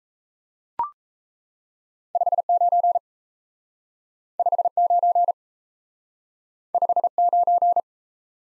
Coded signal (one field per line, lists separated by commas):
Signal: Morse code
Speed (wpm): 36 wpm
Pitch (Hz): 700 Hz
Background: none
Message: 59 59 59